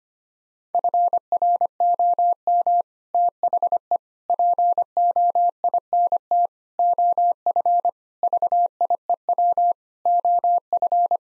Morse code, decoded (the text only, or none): FROM THE POINT OF VIEW OF